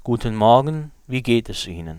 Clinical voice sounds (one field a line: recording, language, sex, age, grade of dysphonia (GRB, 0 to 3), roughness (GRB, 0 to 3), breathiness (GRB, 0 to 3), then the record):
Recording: spoken sentence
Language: German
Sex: male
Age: 40 to 49 years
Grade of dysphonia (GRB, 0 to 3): 0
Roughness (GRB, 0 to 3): 0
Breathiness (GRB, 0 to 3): 0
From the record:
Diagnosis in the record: healthy voice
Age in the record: 45 years